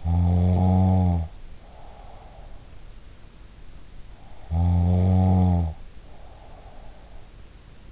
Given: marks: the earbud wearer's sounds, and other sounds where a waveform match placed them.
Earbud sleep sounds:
sounds in sleep by an in-ear microphone; snoring breath
0.00-2.88 s: snoring breath
4.41-7.37 s: snoring breath

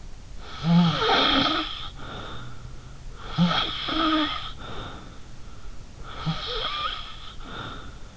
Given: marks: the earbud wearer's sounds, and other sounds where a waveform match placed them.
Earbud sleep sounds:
sounds in sleep by an in-ear microphone; snoring breath
0.44-2.78 s: snoring breath
3.19-5.30 s: snoring breath
5.98-8.17 s: snoring breath

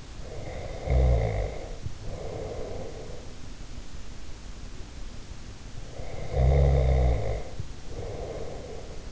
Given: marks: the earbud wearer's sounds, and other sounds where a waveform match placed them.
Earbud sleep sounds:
sounds in sleep by an in-ear microphone; snoring breath
0.21-3.34 s: snoring breath
5.81-9.12 s: snoring breath

